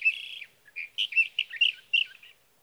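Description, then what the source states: Sage thrasher song, opening with a short flat buzzy note, then a jumble of quick varied warbled notes rising and falling. Male singing near his night roost through the night, from the evening of June 12 to the morning of June 15, 2018, Sierra Valley, California; Swift recorder.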